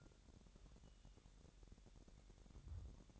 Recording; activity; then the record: daily activity, microphone in the room; take from stove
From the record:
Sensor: 3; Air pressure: 1012.0 hPa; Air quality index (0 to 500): 210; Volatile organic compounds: 4 ppm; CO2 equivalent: 1567 ppm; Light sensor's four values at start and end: 107/253/105/95 and 107/252/105/95